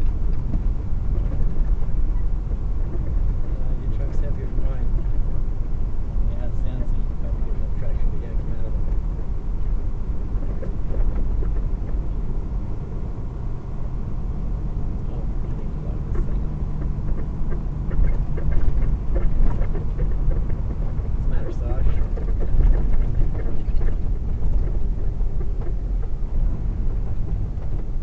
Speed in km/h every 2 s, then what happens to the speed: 29, 29, 29, 29, 29, 31, 32, 32, 32, 32, 32, 29, 27, 19.
0-20 steady at about 31. 20-28 slows to 19.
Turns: none.